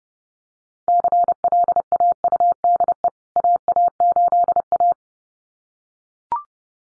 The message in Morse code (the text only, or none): CLAUDE AA8A